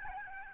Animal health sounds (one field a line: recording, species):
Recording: mosquito wingbeat signal from an infrared sensor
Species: Aedes albopictus